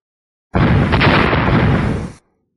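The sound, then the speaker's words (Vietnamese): A loud, deep rumbling explosion coming from underground roars as one dense, continuous blast, hitting abruptly and sustaining its churning boom for nearly two seconds before cutting off. No voices are heard. “Từng trận thanh âm nổ vang từ dưới đất truyền đến, quang mang đỏ thẫm trên mặt đất càng lúc càng thịnh, từng trận sóng khí nóng rực từ phía dưới bay lên.”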